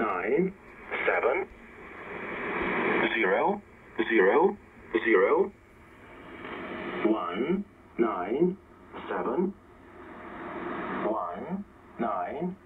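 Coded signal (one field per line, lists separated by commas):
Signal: numbers station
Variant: E07a "The English Man"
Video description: This is E07a "The English Man"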